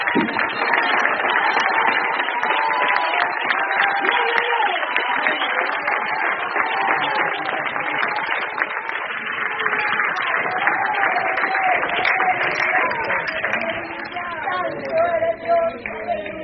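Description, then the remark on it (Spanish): A church audience claps steadily for over fifteen seconds during a sermon, a dense, loud patter of many hands mixed with raised voices and singing-like tones from the crowd. “Yo voy a aplaudir por alguno de ustedes que vinieron manco hoy.”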